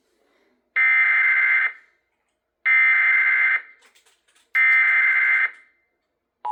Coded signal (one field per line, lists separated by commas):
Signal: Emergency Alert System (SAME) tones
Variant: header bursts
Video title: TFT Relay of an SMW (3/6/25) (New EAS 977)